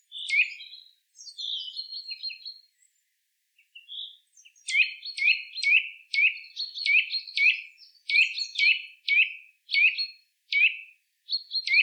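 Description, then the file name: Eurasian nuthatch calls: a few scattered high notes at first, then sharp, ringing notes repeated about twice a second. "Sitta europaea"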